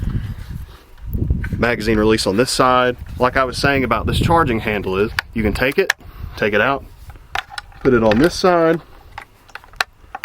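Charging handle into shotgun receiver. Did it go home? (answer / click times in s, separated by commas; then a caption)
no / none. Someone talks while handling the charging handle of a 12-gauge semi-auto shotgun, taking it out of the receiver to move it to the other side, with short metallic clicks and taps between the words. The charging handle has not seated or clicked into the receiver yet.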